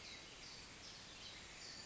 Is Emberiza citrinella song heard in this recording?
no